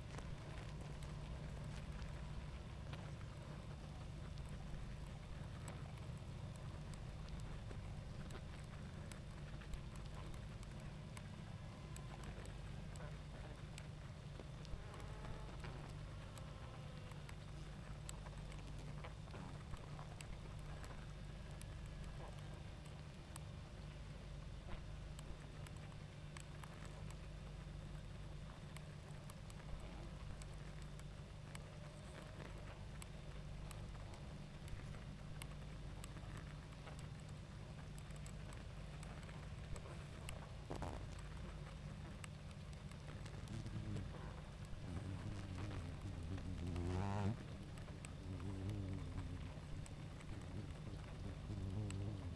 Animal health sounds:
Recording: honeybee colony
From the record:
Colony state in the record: active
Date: 28 July 2017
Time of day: 20:58

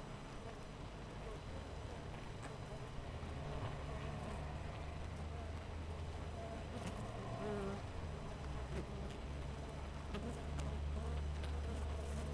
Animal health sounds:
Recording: honeybee colony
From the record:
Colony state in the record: missing queen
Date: 14 July 2017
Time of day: 5:25

